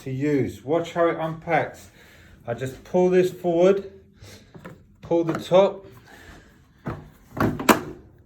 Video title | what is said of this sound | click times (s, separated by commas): Aphrodite Table Top Portable Hair Dryer | clicks into place bam | 7.7 s